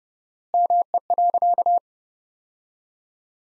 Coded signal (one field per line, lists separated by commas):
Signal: Morse code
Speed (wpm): 30 wpm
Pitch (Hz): 700 Hz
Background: none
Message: ME.